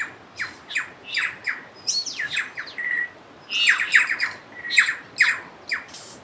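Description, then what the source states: Bird singing in fast descending swoops and chirps, one sustained whistle near three seconds, dense clusters of notes then a few spaced calls. Birds nicknamed Star Wars birds, recorded along the Turangi River loop, New Zealand.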